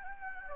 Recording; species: mosquito wingbeat signal from an infrared sensor; Anopheles gambiae